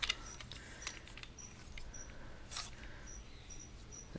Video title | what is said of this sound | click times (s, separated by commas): Transformers generations Springer review | slide it forward and it's going to type right to the front we have the click there | 0.1 s